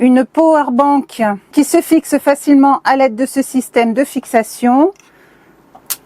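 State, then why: Seated. A battery power bank is slid onto the mounting system of a projector tripod and pushed until it clicks into place at 5.9 s, seating securely. Someone talks for most of the clip, then after a quiet pause a faint tap at 5.8 s is followed by the sharp, bright click.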